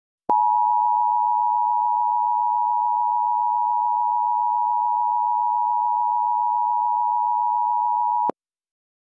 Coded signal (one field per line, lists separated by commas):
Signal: Emergency Alert System (SAME) tones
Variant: 853 and 960 Hz attention tone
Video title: * Valid Tones * EAS Avalanche Warning Blaine,ID REAL